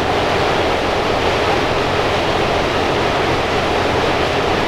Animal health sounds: poultry house recording; no chicken sound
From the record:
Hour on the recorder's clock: 16

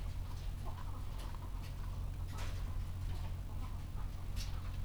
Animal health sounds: poultry house recording; sick chickens (respiratory disease)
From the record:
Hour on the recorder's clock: 13

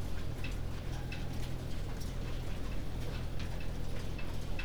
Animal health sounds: poultry house recording; no chicken sound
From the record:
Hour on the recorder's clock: 19

